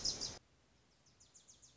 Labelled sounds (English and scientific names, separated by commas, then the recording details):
Wilson's Warbler (Cardellina pusilla)
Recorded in Sonoma County, California